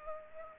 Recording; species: mosquito wingbeat signal from an infrared sensor; Culex pipiens